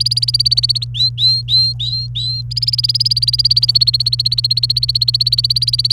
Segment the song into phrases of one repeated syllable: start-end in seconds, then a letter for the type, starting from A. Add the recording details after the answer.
0.00-0.85 A, 0.95-2.41 B, 2.51-5.92 A. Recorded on 28 April 2018 at 08:34. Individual llb3